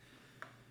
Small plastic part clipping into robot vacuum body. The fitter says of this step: You got to make sure that you get the tabs in there and then it should click right in. So, there you go.